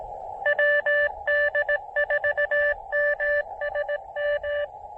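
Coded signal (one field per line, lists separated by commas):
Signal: Morse code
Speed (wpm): 19 wpm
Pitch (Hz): 590 Hz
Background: radio noise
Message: WD4MSM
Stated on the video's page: SOTA QRP activation working DX with a KX2 and a 20 meter delta loop antenna, on 20, 10, 12 and 15 meters.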